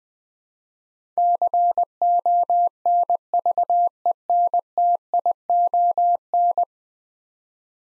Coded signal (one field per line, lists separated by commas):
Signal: Morse code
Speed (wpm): 20 wpm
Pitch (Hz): 700 Hz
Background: none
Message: CONVENTION